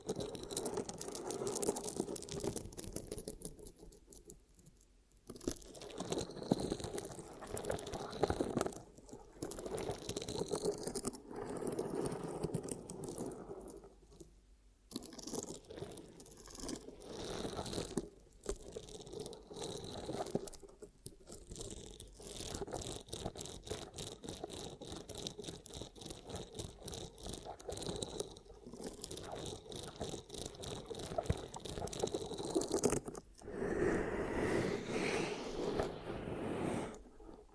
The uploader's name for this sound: Ear Cupping Triggers